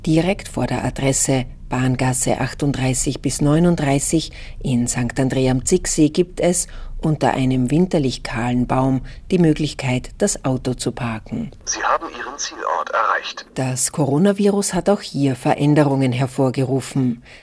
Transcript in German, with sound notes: Direkt vor der Adresse „Bahngasse 38 bis 39“ in Sankt Andrä am Zicksee gibt es – unter einem winterlich kahlen Baum – die Möglichkeit, das Auto zu parken. [Originalton Navigationsgerät:] „Sie haben ihren Zielort erreicht!“ Das Coronavirus hat auch hier Veränderungen hervorgerufen.